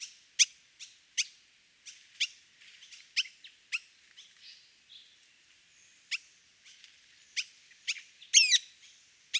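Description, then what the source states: Sultan tit calls: sharp high clicks and chips at irregular intervals, with a brief complex twittering burst near the end. Two sultan tits calling to each other; recorded in Thailand.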